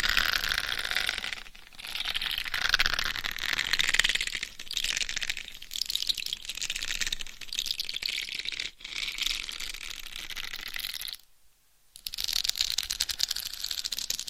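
Scratching and rubbing on a binaural head mic, a dense, bright, crackling texture of fast scrapes that swells and eases. Brief gaps break it near two seconds and near nine seconds, and a near-silent pause falls around eleven to twelve seconds before the scratching resumes.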